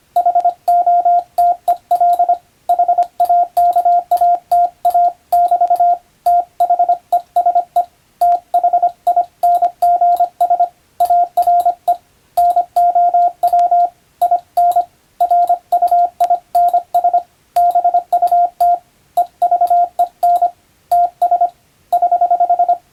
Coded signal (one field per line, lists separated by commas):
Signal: Morse code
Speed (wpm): 25 wpm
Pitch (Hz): 700 Hz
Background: radio noise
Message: HOTEL HAKATA<BT> THESE THINGS ARE NOW IN RUINS BUT EVEN TS <HH>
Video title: モールス信号を使用して船と陸との連絡をする船舶通信士！昭和の頃の通信手段です。アマチュア無線の受信トレーニングにどうぞ！YouTubeの再生速度を設定して聞こう morse code practice